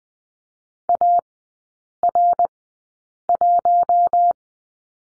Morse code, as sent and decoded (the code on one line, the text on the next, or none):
.- .-. .----
AR1